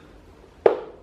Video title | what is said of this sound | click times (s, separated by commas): Ventilador Arno Silence Force 40cm Fazendo barulho estranho será que é defeito? Como Saber? | Ah, desencaixou o dentinho aqui do lado. | 0.7 s